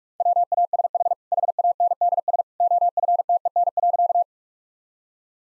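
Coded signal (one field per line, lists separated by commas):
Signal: Morse code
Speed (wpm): 41 wpm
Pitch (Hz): 700 Hz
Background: none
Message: WASH HANDS OFTEN.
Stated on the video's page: Morse practice of easy sentences with context hints at 45 wpm.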